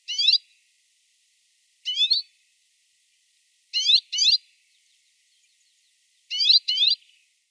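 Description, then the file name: Arctic redpoll calls: short rising, twangy notes, some doubled, given in spaced bursts every couple of seconds against silence. Russia. "Pticy Rossii - Pepelnaya chechyotka Acanthis hornemanni"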